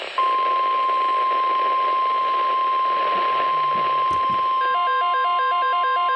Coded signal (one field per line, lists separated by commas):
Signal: Emergency Alert System (SAME) tones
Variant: 1050 Hz attention tone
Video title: Severe T-Storm Watch + Warning | EAS #55-56